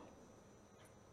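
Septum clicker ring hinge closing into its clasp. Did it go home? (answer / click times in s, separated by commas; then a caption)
no / none. A hinged septum clicker ring is being handled as it is pressed toward its clasp. Only a steady low background hiss is heard, with no distinct sounds. Nothing has seated or clicked yet.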